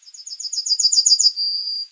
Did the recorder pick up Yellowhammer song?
yes